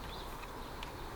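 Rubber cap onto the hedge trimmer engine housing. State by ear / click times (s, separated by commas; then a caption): not seated / none. A rubber cap is pushed back onto the engine housing of a Makita EN4950H petrol hedge trimmer after servicing; it is a push fit meant to click into place. Steady low background noise plays throughout, with one brief sharp tick near 0.8 s. Nothing has seated or clicked into place yet.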